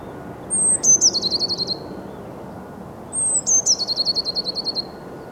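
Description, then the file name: Eurasian blue tit call given twice: a thin high note dropping into a quick run of churring notes, repeated after roughly two and a half seconds. "Cyanistes caeruleus"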